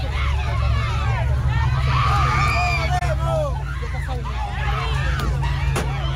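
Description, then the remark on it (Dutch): A crowd of migrants at the border near the small border town of Eagle Pass, Texas, being pushed over barbed wire back into the border river, shouts and cries out in overlapping, frantic voices for the whole stretch, loud and continuous, with a steady low rumble underneath. “Ja, veel geschreeuw, duidelijke wanhoop.”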